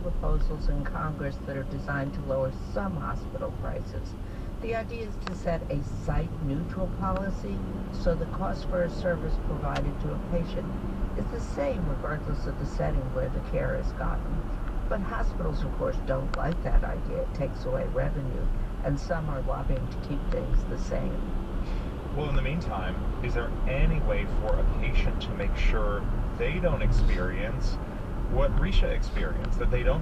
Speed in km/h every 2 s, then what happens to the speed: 21, 24, 24, 34, 42, 45, 47, 45, 42, 40, 45, 50, 56, 52, 50.
0-11 speeds up to 47. 18-23 speeds up to 56.